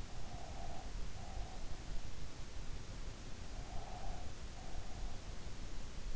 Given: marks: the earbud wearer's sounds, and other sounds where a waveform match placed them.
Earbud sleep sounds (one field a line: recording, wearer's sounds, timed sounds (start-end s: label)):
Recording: sounds in sleep by an in-ear microphone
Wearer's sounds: breath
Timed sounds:
0.02-1.97 s: breath
3.34-5.58 s: breath